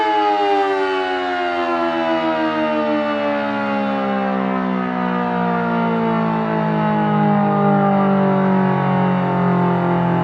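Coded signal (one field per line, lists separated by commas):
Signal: siren signal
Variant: Federal Signal 5T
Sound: loud mechanical siren with a rich harmonic tone, slowly winding down in pitch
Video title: Federal Signal Model 5T: Pager/Siren Test, Attack (Canceled by FD - Growl) Speonk, NY 6/14/2021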